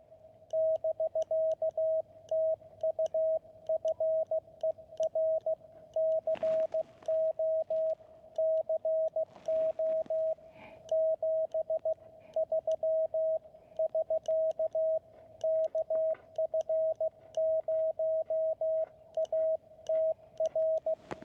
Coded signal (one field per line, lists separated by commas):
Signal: Morse code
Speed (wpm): 16 wpm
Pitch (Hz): 620 Hz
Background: radio noise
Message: <BK> TU FER CO CO 73 <SK> KF0ATR